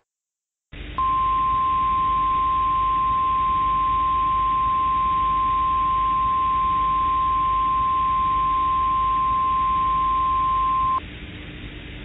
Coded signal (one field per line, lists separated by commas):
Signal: Emergency Alert System (SAME) tones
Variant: 1050 Hz attention tone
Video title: Mock EAS Request: Van Wert, County, Ohio Tornado Warning